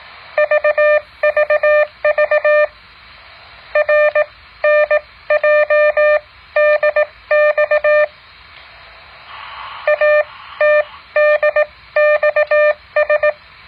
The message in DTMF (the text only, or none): none